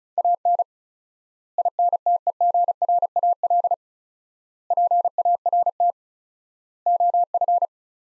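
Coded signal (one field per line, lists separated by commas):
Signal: Morse code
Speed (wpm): 36 wpm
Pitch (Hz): 700 Hz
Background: none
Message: AN INTEGRAL PART OF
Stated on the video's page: Morse practice sets of five words at 35 wpm with 4x word spacing, a word-based Farnsworth-like method for head-copying phrases.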